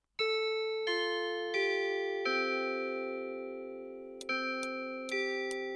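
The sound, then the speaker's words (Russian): A clock strikes eight on its own with ringing, bell-like tones: four slow, sustained notes that overlap and fade, followed by a quicker run of brighter strokes. “Часы пробили 8, сейчас затихнет дом.”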